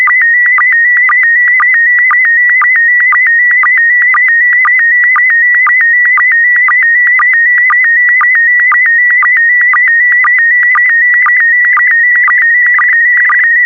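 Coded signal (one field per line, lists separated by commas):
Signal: SSTV (slow-scan television)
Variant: PD120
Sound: steady warbling tone near 2 kHz with a short low blip about twice a second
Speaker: transmission complete you can now check your decoded image against the picture that is shown on the video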